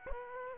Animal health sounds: mosquito wingbeat signal from an infrared sensor; Aedes aegypti

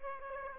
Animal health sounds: mosquito wingbeat signal from an infrared sensor; Aedes aegypti

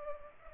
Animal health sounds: mosquito wingbeat signal from an infrared sensor; Culex pipiens

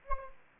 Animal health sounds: mosquito wingbeat signal from an infrared sensor; Anopheles gambiae

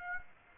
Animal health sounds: mosquito wingbeat signal from an infrared sensor; Aedes aegypti

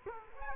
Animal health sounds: mosquito wingbeat signal from an infrared sensor; Culex quinquefasciatus

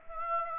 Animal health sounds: mosquito wingbeat signal from an infrared sensor; Aedes aegypti

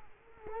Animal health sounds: mosquito wingbeat signal from an infrared sensor; Culex quinquefasciatus

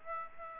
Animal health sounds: mosquito wingbeat signal from an infrared sensor; Aedes aegypti

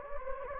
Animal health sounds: mosquito wingbeat signal from an infrared sensor; Anopheles gambiae

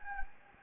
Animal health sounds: mosquito wingbeat signal from an infrared sensor; Anopheles gambiae

